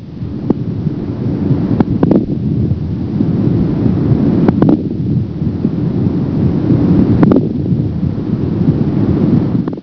Breath sounds crackles.